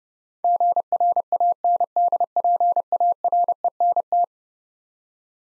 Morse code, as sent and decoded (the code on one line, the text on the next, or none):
--. .-. .- -. -.. .--. .- .-. . -. -
GRANDPARENT